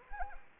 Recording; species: mosquito wingbeat signal from an infrared sensor; Anopheles arabiensis